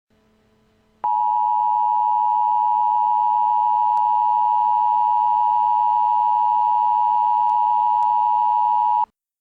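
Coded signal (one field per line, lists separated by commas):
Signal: Emergency Alert System (SAME) tones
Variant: 853 and 960 Hz attention tone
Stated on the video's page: Recreated EAS alert imagining how events in the 1998 film Deep Impact might be broadcast.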